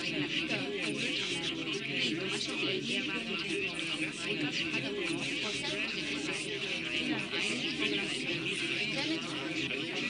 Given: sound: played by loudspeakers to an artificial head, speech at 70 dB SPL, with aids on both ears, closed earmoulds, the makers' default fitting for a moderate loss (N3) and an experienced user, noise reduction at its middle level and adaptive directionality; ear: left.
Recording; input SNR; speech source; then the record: speech test signal (ISTS) in cocktail-party noise; -6 dB; on the right (90 degrees)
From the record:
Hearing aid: class 2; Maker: D